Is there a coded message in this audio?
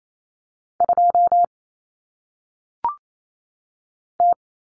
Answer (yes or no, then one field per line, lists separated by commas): yes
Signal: Morse code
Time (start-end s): 0.8-4.3 s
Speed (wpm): 28 wpm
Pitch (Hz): 700 Hz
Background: none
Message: 2 T